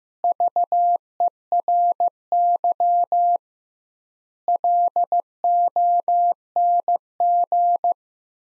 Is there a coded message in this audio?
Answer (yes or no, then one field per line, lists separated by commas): yes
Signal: Morse code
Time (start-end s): 0.2-7.9 s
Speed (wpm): 15 wpm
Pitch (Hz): 700 Hz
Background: none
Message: VERY LONG